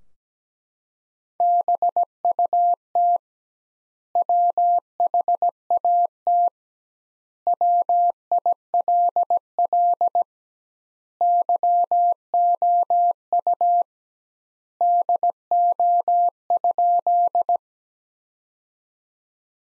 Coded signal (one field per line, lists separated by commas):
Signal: Morse code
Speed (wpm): 17 wpm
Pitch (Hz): 700 Hz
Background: none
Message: BUT WHAT WILL YOU DO?